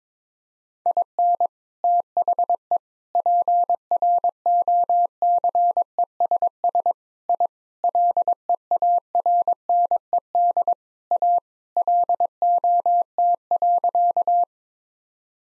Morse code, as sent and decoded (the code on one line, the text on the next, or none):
.. -. / - .... . / .--. .-. --- -.-. . ... ... / .. / .-.. . .- .-. -. . -.. / .- / .-.. --- - .-.-.-
IN THE PROCESS I LEARNED A LOT.